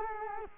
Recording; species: mosquito wingbeat signal from an infrared sensor; Culex quinquefasciatus